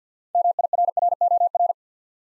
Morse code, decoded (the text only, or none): MIRROR